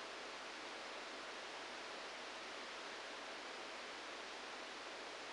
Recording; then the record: brain microelectrode recording played as sound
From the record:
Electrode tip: outside the subthalamic nucleus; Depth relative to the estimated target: -1 mm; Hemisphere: right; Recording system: NeuroSet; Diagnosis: Parkinson's disease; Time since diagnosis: 9 years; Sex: male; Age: 56 years